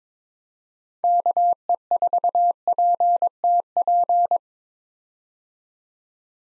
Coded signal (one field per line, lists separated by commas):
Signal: Morse code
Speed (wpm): 22 wpm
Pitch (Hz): 700 Hz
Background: none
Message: KE4PTP